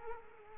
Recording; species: mosquito wingbeat signal from an infrared sensor; Culex quinquefasciatus